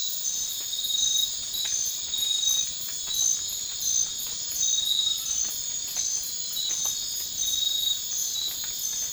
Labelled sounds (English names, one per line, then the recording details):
none
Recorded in dense forest near Puerto Asís, Putumayo, Colombia, on 12 March 2025 at 02:30
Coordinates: 0.500, -76.322
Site GP06